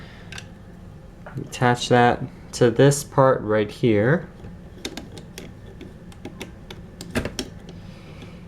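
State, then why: Not seated. A small plastic Lego connector piece is handled against another part of a brick rifle-and-knife model while someone talks, with light tapping and clicking handling sounds around 0.3 s, 1.3 s, 4.9 s and 7.2–7.4 s. Nothing has seated or clicked into place yet; the clip ends just before the piece goes home.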